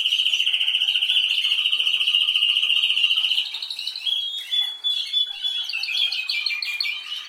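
Canary singing a fast, even trill for about three seconds, then shifting into varied high whistles and choppy warbled phrases.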